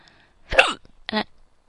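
An adult hiccups twice: a sharp, loud hiccup followed by a second, shorter one.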